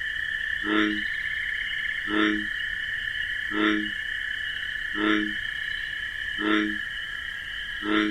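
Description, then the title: American bullfrog giving six low, resonant croaks at an even pace, with continuous shrill cricket chirping behind. Wetlands at night among marsh grasses; call described as a deep 'jug-o-rum'; crickets chirping in a nocturnal chorus. "Bullfrog Sound. The Wondrous Wetlands"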